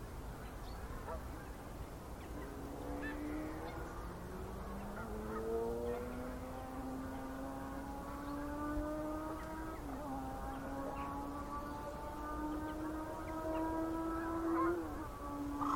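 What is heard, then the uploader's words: An Orthodox Christmas service, with low voices holding long sustained chant notes that begin after a few seconds and slowly rise and settle in pitch. Several voices layer into a steady drone, carried on a constant low murmur of the reverberant church. Orthodox Christmas service, Catholic Church of St. Johns.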